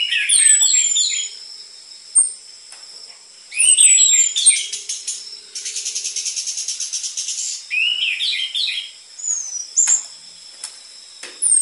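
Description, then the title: Orange-headed thrush phrases of tumbling chirps and thin falling whistles, interrupted by a long rapid pulsing series, then more chirpy bursts over a steady high hum. Lure recording for training caged birds, with dense filler material used as a model for tutoring spotted-variety orange-headed thrushes; the bird sings actively. "PANCINGAN Anis Merah Gacor Materi Isian Rapat Cocok Untuk MASTERAN Anis Merah TROTOL"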